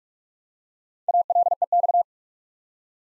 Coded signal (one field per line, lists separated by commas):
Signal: Morse code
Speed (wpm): 46 wpm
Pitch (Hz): 700 Hz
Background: none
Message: ALEX